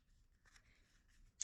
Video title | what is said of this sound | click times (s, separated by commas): Pattern welded Ring Dagger from a wrench | I just drill it with a hand drill and these click in place you'll hear it | 1.4 s